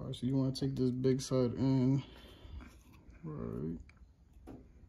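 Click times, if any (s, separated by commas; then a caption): none. Someone talks while handling a small plastic fuel line retaining clip, lining it up big side first on the fitting of a new aluminum PQY aftermarket fuel rail for an 8th Gen Honda Civic Si, with a faint handling tap around 2.6 s. Nothing has seated or clicked yet; the clip is not yet home on the fuel rail.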